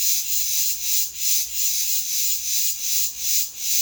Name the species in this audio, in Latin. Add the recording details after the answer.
none. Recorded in dense forest near Puerto Asís, Putumayo, Colombia, on 21 February 2024 at 10:00. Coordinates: 0.505, -76.324. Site G6467